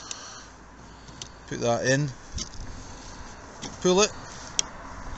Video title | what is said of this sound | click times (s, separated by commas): KIA (Ceed) Wiper Blade Replacement | and then that is like a little click. | 4.6 s